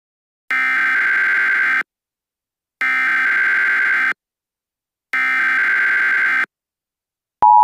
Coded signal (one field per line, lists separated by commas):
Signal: Emergency Alert System (SAME) tones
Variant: header bursts